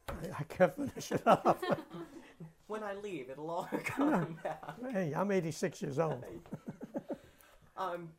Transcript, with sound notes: I can't finish it up.
When I leave it will all come back. ( he laughs )
Hey, I'm eighty-six years old.
Um,